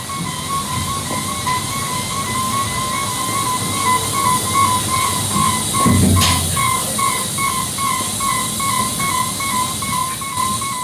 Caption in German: Hört da die Lüftung von oben rauschen. Dieses Piepen sind die Überwachungsmonitore für Herz, Lungen, Kreislauf. Das ist eine OP-Atmo. Kommt dann auch noch so ein leichtes Gas zwischen. Also als würde dann gerade irgendwie das Narkosegas in den Patienten eingeleitet werden.